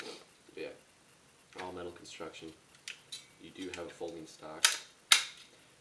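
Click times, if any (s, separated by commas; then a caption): 5.1 s. Someone talks while the side-folding metal stock of a JG AKS-74U airsoft replica, a 2012 model of all-metal construction, is folded against the side of the receiver. It snaps into its locked position with a sharp click at 5.1 s, and the stock is seated and locked.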